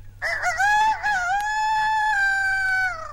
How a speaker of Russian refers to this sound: Что такое? Откуда это в пустыне петух?